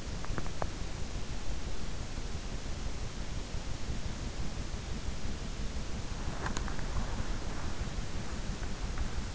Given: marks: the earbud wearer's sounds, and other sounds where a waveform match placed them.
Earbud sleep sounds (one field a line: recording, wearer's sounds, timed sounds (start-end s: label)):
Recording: sounds in sleep by an in-ear microphone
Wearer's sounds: teeth grinding, body movement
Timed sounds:
0.00-1.02 s: teeth grinding
5.89-7.94 s: body movement